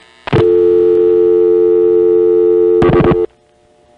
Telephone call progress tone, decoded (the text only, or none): dial tone